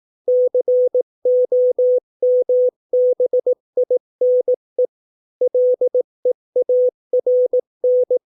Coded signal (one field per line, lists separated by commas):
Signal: Morse code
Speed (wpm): 18 wpm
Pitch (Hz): 500 Hz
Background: none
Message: COMBINE LEARN